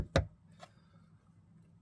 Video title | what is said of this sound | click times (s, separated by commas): 2018 - 2024 Toyota Camry fuel pumps replacement how to | Grab your little lock, place that back in, make sure it clips back down. | 0.2 s